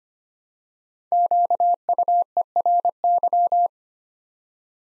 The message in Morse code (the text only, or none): QUERY